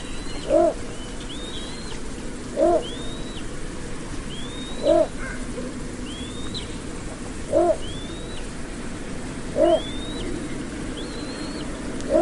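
Bird calls: brief low hoots about every two seconds or a little more, with thin rising-then-flat whistles between them, against constant hiss.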